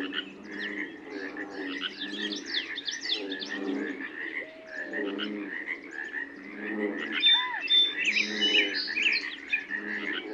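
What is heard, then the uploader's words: Dawn chorus of birds whistling and chirping over a steady mass of croaking frogs, with a few clear rising whistles and bright trills throughout. Dawn, just before a summer sunrise at Sauvie Island Wildlife Area... blue quail, ring neck doves, redwing blackbirds, bull frogs, pacific chorus frogs.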